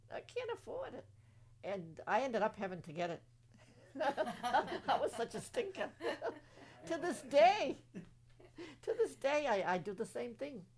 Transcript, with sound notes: I can't afford it." And I ended up having to get it. ( they laugh ) I was such a stinker. ( they laugh ) To this day, to this day I do the same thing.